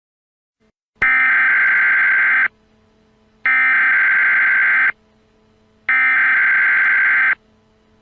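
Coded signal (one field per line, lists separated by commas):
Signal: Emergency Alert System (SAME) tones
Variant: header bursts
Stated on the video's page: Fictional EAS scenario tones set in an invented world, about the outbreak of war in 1982.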